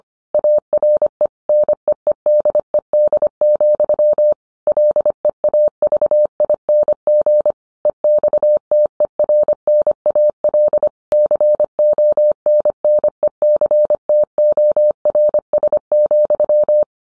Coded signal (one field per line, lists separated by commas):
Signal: Morse code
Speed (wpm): 25 wpm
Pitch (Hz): 600 Hz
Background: none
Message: ARE NEEDED, LEAVING EXTERNAL CONNECTORS,